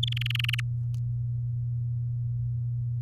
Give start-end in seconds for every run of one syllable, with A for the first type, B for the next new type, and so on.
0.03-0.60 A